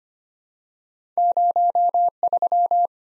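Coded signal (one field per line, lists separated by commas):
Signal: Morse code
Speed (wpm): 25 wpm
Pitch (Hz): 700 Hz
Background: none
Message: 03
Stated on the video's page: Head-copy practice at 25 wpm of random two-character letter and number combinations, each sent in Morse, spoken, then sent again.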